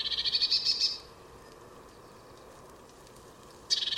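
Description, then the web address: Bird calls with a rapid high churring rattle that stops, then a fresh burst begins after about three seconds of quiet. "Deverinetal 2025 File origin Bird Only Cy Ca"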